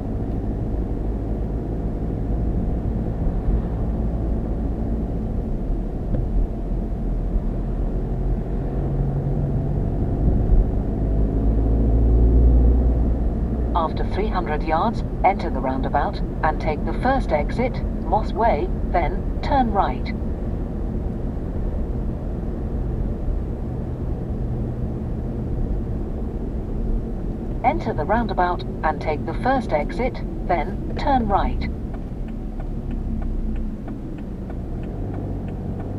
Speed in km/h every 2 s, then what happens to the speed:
37, 39, 40, 40, 42, 47, 55, 56, 56, 55, 55, 53, 52, 48, 40, 32, 24, 19.
0-7 steady at about 39. 7-13 speeds up to 56. 13-22 steady at about 55. 22-36 slows to 19.